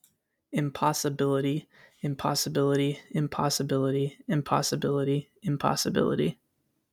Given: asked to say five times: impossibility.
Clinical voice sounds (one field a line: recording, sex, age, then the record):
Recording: repeated word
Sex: male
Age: 20 to 29 years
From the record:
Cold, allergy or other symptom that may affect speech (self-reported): no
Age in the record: 23 years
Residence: Kentucky, United States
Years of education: 12